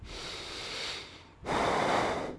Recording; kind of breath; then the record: one breath in and out by a microphone near the nose and mouth; deep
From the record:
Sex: male